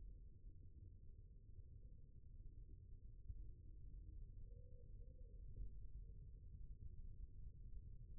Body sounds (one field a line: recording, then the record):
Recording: forearm muscle sounds (acoustic myography)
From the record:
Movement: rest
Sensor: system 1, eight BSWA MPA416 microphones around the upper forearm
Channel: 5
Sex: male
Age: 20 years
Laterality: left